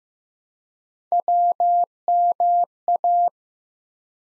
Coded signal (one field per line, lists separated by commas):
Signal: Morse code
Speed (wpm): 16 wpm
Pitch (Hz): 700 Hz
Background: none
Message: WMA